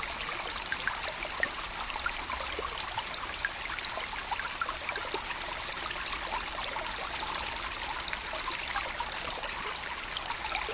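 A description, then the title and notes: A coastal spring runs steadily, its water giving a dense, even trickle and babble across the whole clip. Bright splashes and small drips pop out often and irregularly above the continuous flow, which carries little low rumble. A serene and meditative-inducing soundscape featuring the sound of a coastal spring in the USA. Coastal Springs.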